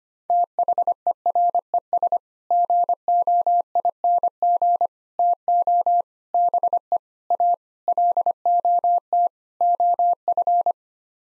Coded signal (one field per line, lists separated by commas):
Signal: Morse code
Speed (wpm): 25 wpm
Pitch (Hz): 700 Hz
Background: none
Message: THERES GOING TO BE A LOT OF